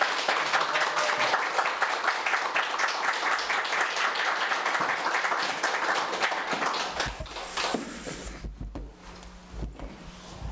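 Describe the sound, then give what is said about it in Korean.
A crowd applauds to welcome a pastor coming out to speak, with dense, rapid clapping for several seconds, then the applause thins out and fades into scattered claps toward the end. “우리 목사님 나오실 때 우리 뜨거운 박수로 환영해서 목사님이 햄버거 드시고 오셨는데 우리의 박수와 환영으로 배가 부르실 수 있도록 박수로 환영하도록 하겠습니다.”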